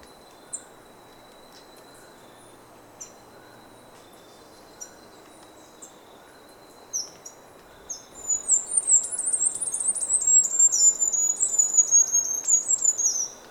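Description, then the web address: Bird song: a few isolated high chirps every couple of seconds, then a loud, rapid, very high series of notes that gradually descends for about five seconds. Ecuador, South America. "Natures Songs S America Birds of Ecuador"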